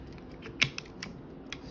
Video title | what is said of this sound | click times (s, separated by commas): Film camera Minolta SRT101 user guide / 필름 카메라 미놀타 SRT101 사용법 | 다음에 됐죠? 네, 이렇게 안 걸리게 하고 딱 소리가 나면 되는 것 같아요. | 0.6 s